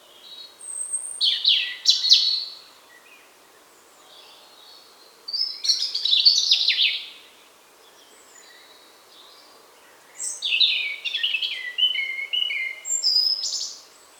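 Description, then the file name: European robin song: three separate phrases of high, sweet warbles and thin whistles, each a few seconds long, with quiet gaps between. "Erithacus rubecula"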